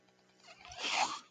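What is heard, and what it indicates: A soft airy hiss swells over about half a second, peaks, then fades, like a single rush of air. This is the noise of a home mechanical ventilator delivering a breath.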